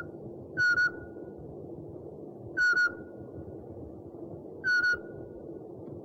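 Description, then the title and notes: Owl giving a short whistled call with a trailing tail, three times about every two seconds, over steady low background noise. From a collection of 69 call variants of 11 owl species. "Sovy - Eulen - Owls. 69 variant hlasů - 11 druhů sov"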